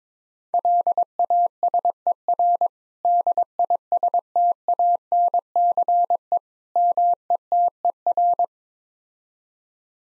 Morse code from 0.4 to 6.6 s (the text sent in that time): LASER DISTANCE